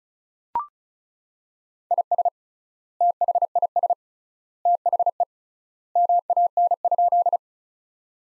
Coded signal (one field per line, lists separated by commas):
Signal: Morse code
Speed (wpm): 36 wpm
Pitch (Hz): 700 Hz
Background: none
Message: IS THIS THE MAN?